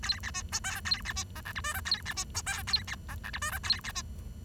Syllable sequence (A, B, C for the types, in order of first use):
A B C D E A B C F G H I J A B C D E A B F G H I J A B C